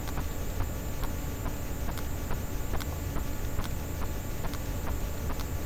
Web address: Physeter Macrocephalus clean cachalot positif